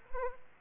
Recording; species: mosquito wingbeat signal from an infrared sensor; Aedes aegypti